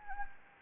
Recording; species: mosquito wingbeat signal from an infrared sensor; Anopheles gambiae